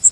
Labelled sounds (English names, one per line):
Yellow Warbler flight call